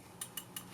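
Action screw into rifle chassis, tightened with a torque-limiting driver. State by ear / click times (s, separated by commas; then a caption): torque reached / 0.2 s, 0.4 s, 0.6 s. An action screw on a Grey Birch Solutions Shrike CLR 10/22 rimfire receiver is tightened into an MDT Oryx rifle chassis with a Fix-It Sticks preset torque-limiting driver set to 45. Its limiter gives three short, bright clicks at about 0.2, 0.4 and 0.6 seconds over a quiet background. The clicks confirm the screw has reached the set torque.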